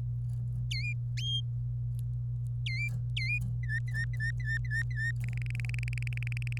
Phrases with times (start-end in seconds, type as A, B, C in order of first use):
0.71-0.93 A, 2.66-2.88 A, 3.16-3.38 A, 3.63-5.12 B, 5.24-6.58 C